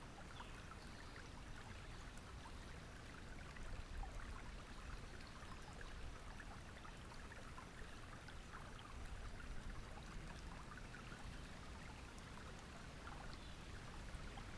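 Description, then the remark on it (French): A small stream trickles and burbles steadily, a soft, continuous wash of water noise with tiny splashes and no voices, holding an even level throughout. “Vos liquides qui font un doux bruit, comme le son d'un petit ruisseau.”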